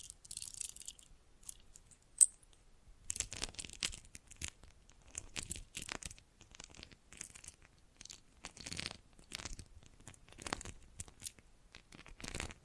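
Bracelets and jewelry boxes handled in a busy run of crinkly, scraping rustles and clicks, with one sharp metallic click near two seconds.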